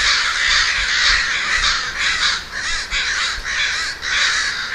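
Several crows cawing continuously, rough raspy caws overlapping into a steady, noisy racket with only slight dips between calls.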